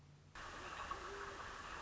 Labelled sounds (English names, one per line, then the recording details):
Great Horned Owl
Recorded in Sonoma County, California